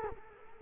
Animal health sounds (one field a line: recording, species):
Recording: mosquito wingbeat signal from an infrared sensor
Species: Culex quinquefasciatus